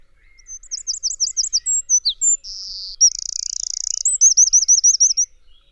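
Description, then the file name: Eurasian wren singing one long, high, energetic phrase: looping trilled notes, a brief buzz, a fast rattling trill, then more rolling loops. "Troglodytes troglodytes"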